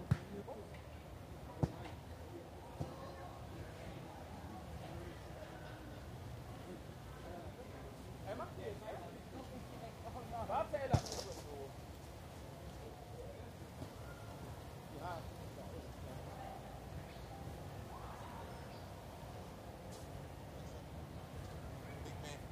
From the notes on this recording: the bustling scenery of Munich's famous Englischer Garten